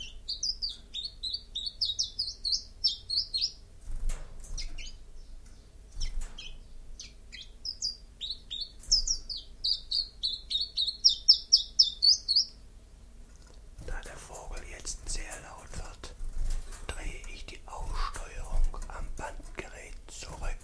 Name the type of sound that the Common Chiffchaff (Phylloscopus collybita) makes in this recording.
song